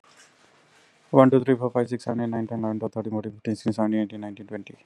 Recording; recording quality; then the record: counting at a fast pace; excellent, no background noise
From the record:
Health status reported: healthy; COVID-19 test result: negative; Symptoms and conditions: cold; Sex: male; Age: 48 years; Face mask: worn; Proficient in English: yes